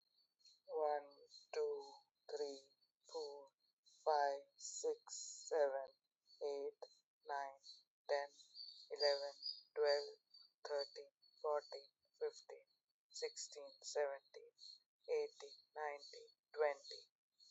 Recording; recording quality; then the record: counting at a normal pace; excellent, no background noise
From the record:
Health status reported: healthy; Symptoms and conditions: none ticked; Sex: female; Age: 42 years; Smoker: not ticked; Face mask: not worn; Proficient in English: yes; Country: India